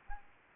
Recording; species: mosquito wingbeat signal from an infrared sensor; Aedes aegypti